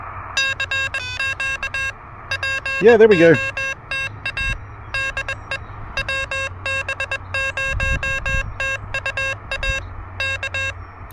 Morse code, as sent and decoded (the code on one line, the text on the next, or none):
-.-. --.- / .--. --- - .- / -.. . / .-- -... ----- - ..- .- / -.-
CQ POTA DE WB0TUA K